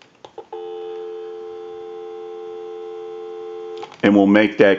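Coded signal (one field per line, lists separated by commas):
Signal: telephone call progress tone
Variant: North America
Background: speech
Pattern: dial tone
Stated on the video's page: Tones from a single slot payphone during initial checkout and repair/conversion.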